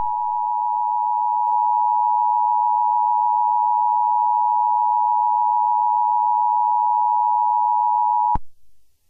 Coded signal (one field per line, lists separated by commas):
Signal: Emergency Alert System (SAME) tones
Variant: 853 and 960 Hz attention tone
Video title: EAS Scenario #67: Entities of Unknown Reforged